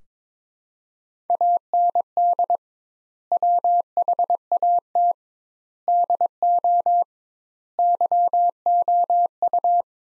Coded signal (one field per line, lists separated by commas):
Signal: Morse code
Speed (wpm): 21 wpm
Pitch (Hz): 700 Hz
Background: none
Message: AND WHAT DO YOU